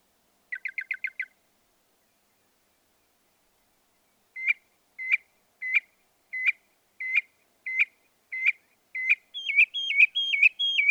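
Northern mockingbird singing a quick six-note trill, then evenly spaced sharp single notes about every two-thirds of a second, ending in faster alternating high notes.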